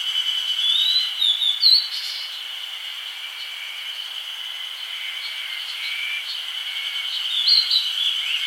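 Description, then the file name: Grey bunting giving brief high sliding call notes in two bursts, early and near the end, against a constant shrill insect hum. "Emberiza variabilis"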